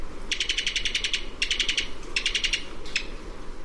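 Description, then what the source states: Cuban Tody staccato call: quick bursts of sharp, dry clicking notes, three rapid series of about five to nine notes, then a single note, separated by brief pauses. Staccato call from the throat; lives in woodlands of the West Indies, Cuba.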